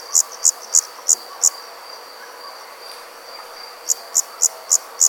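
Insect chirps come in two bursts, five sharp high pulses, a gap of about two seconds, then five more, with a faint constant high hum beneath.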